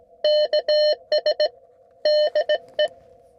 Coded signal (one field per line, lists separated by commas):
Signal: Morse code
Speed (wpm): 18 wpm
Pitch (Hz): 600 Hz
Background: none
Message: KS DE